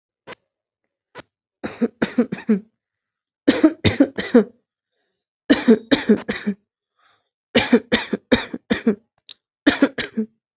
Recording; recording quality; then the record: shallow voluntary cough; moderate, slight background noise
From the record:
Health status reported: respiratory illness, not identified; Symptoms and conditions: asthma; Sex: female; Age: 27 years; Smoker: not ticked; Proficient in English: yes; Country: India